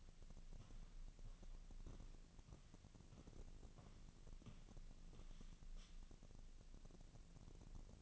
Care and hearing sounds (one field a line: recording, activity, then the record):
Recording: daily activity, microphone in the room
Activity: walk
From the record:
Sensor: 4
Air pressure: 1013.0 hPa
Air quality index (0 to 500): 175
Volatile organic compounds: 2 ppm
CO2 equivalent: 1104 ppm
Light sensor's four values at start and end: 59/145/62/65 and 59/146/62/66